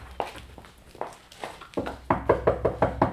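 Knocking on a bedroom door: a few hesitant, widely spaced knocks, then a quicker, firmer run of about six evenly paced raps, with no voices.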